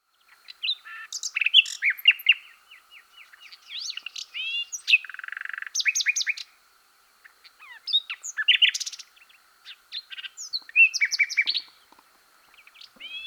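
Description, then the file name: Common nightingale singing varied phrases of rapid trills, sharp whistles and buzzy notes, separated by short pauses, with fast repeated-note bursts recurring through the song. "Luscinia megarhynchos"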